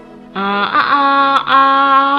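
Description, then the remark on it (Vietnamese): A rooster crow played as a phone ringtone for an incoming call, set to maximum volume: a loud, strained, harmonic call that holds for about two seconds with a brief break midway before rising again. No one speaks. “Nhạc chuông ấy là tiếng gáy.”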